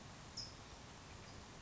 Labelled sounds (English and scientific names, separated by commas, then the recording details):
California Towhee (Melozone crissalis)
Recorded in Sonoma County, California